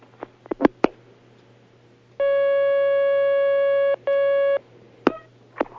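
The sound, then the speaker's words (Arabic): A telephone line tone sounds as a caller's call connects to a question-and-answer program: a long, steady, buzzy electronic note, a brief break, then a shorter burst, with sharp clicks and pops before and after. “معنا مكالمة الآن، تفضل.”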